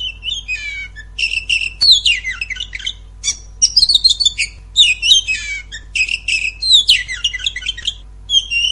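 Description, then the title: Oriental magpie-robin giving a busy, scratchy song: dense buzzy trills and squeaky whistles in bursts about a second long, separated by short gaps. "Kacer"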